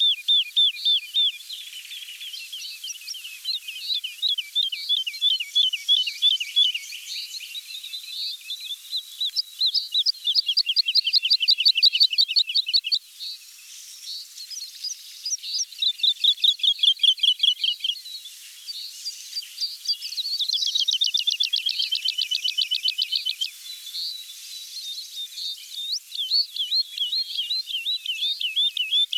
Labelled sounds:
Wood Lark song

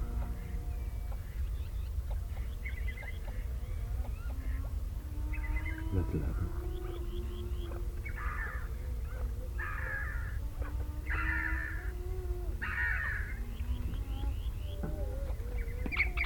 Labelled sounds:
Dunlin call

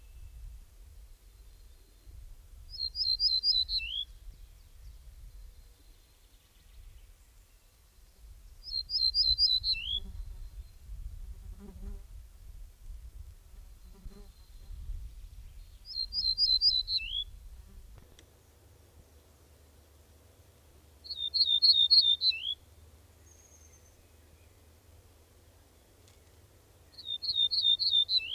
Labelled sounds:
Ortolan Bunting song

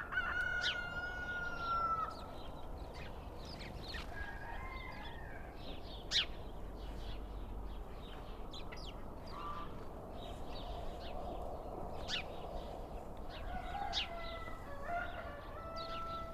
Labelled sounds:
House Sparrow call

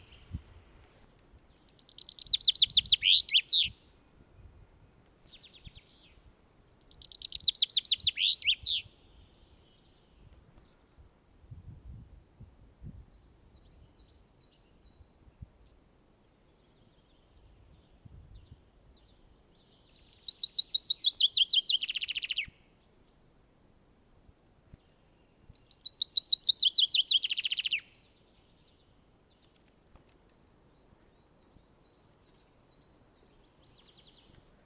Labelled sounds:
Common Chaffinch song

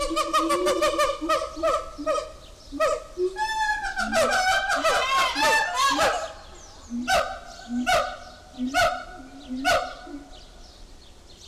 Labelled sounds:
Siamang

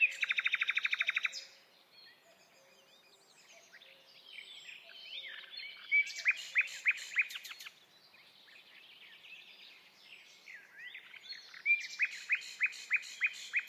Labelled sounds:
Common Nightingale song

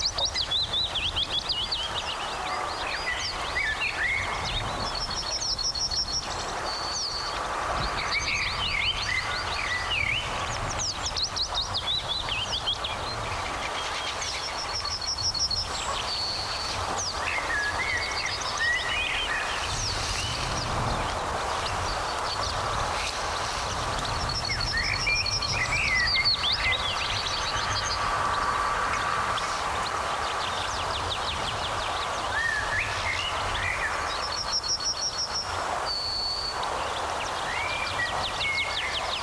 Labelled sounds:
Yellowhammer

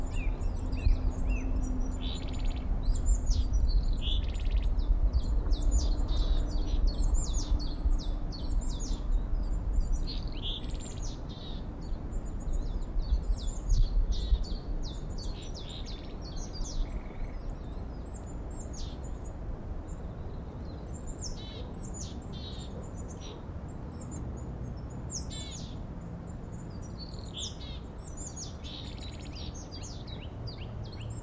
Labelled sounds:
Willow Tit

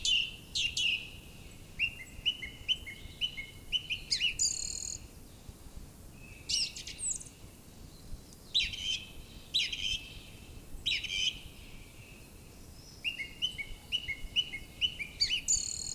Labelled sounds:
Song Thrush song

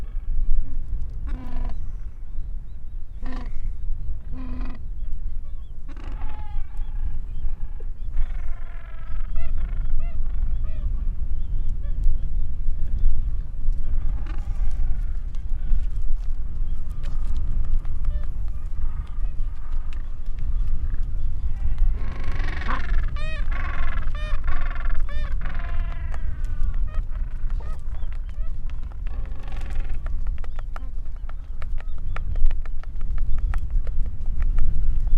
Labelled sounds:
Gentoo Penguin call

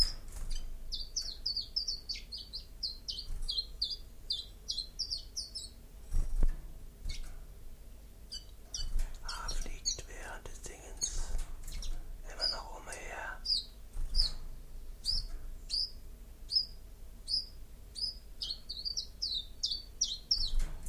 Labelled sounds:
Common Chiffchaff song

